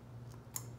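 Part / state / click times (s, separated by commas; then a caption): wiring connector into lawn tractor harness socket / seated / 0.6 s. A plastic wiring connector or bypass plug is pushed into the harness socket of a John Deere X350 lawn tractor during a reverse-button delete. Over a steady low hum, a sharp snap sounds at 0.6 seconds as the connector seats, which is meant to give two little snaps.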